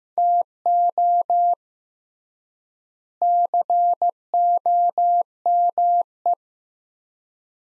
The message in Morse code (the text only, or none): TO COME